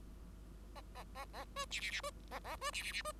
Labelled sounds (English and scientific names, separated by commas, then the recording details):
Bengalese Finch (Lonchura striata domestica) song
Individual Bird5